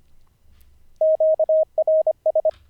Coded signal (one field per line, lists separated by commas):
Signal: Morse code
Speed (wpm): 25 wpm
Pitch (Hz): 630 Hz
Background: none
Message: QRS